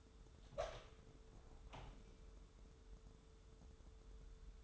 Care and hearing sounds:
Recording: daily activity, microphone in the room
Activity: open door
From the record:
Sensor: 3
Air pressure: 1015.1 hPa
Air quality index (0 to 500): 123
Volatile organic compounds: 5 ppm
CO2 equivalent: 1727 ppm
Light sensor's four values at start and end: 16/40/16/17 and 16/40/16/17

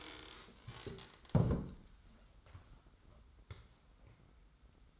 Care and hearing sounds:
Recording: daily activity, microphone in the room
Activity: stand up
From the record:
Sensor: 3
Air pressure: 990.5 hPa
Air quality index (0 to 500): 172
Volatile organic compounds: 1000 ppm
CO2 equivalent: 5566 ppm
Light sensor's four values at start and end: 40/94/39/37 and 40/95/39/37

